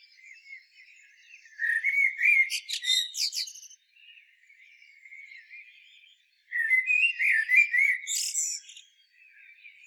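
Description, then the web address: Common blackbird singing two mellow, fluted phrases separated by a gap of quieter soft notes. Each phrase closes with a rapid burst of high, squeaky twittering. "SETE data Turdus merula"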